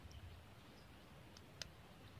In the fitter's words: ini kalau untuk fast connector itu jangan lupa ini kita klikkan ke atas sampai klik.